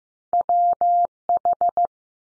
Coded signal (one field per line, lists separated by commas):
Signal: Morse code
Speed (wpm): 15 wpm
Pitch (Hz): 700 Hz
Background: none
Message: W H